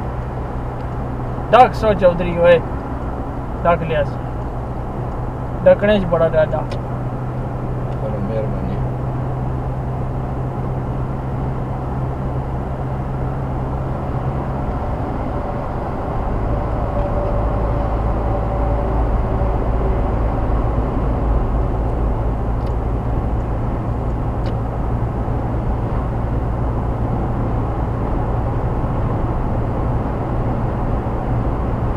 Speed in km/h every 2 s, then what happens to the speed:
92, 92, 93, 95, 97, 98, 98, 97, 100, 100, 101, 103, 105, 105, 105, 106.
0-32 speeds up to 106.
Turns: none.